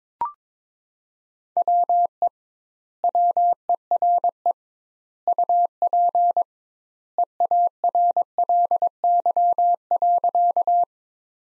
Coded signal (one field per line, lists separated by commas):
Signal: Morse code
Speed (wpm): 22 wpm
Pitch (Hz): 700 Hz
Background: none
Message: WE WERE UP EARLY.